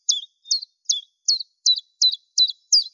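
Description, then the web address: Common chiffchaff song: eight high, sharp notes in a regular rhythm over about three seconds, with no other sounds. "Phylloscopus collybita"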